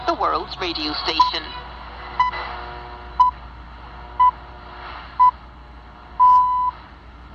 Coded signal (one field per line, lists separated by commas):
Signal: radio time signal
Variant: time pips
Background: speech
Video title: BBC World service via Madagascar relay 12095 kHz Shortwave CountyComm GP7/SSB telescopic antenna